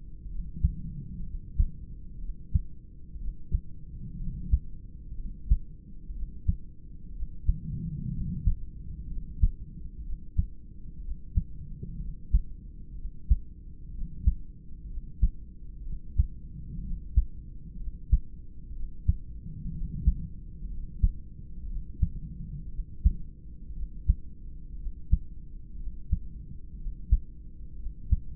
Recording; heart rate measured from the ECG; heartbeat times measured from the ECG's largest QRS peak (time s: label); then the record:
heart sounds by stethoscope; 61 bpm
0.28 s: heartbeat
1.23 s: heartbeat
2.19 s: heartbeat
3.18 s: heartbeat
4.17 s: heartbeat
5.15 s: heartbeat
6.12 s: heartbeat
7.12 s: heartbeat
8.10 s: heartbeat
9.07 s: heartbeat
10.02 s: heartbeat
11.01 s: heartbeat
11.98 s: heartbeat
12.95 s: heartbeat
13.91 s: heartbeat
14.87 s: heartbeat
15.83 s: heartbeat
16.81 s: heartbeat
17.77 s: heartbeat
18.72 s: heartbeat
19.71 s: heartbeat
20.67 s: heartbeat
21.66 s: heartbeat
22.69 s: heartbeat
23.73 s: heartbeat
24.76 s: heartbeat
25.76 s: heartbeat
26.76 s: heartbeat
27.76 s: heartbeat
From the record:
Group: heart failure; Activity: rest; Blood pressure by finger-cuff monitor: 107/70 mmHg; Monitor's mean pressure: 83 mmHg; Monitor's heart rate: 61 bpm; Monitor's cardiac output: 3.6 L/min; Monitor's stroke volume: 59 mL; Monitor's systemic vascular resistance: 1690 dyn s/cm5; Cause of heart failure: idiopathic cardiomyopathy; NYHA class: 2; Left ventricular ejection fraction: 17%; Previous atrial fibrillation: present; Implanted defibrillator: present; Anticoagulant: edoxaban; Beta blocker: bisoprolol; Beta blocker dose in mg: 7.5 twice daily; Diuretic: furosemide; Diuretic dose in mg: 20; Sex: male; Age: 63 years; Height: 160 cm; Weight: 69 kg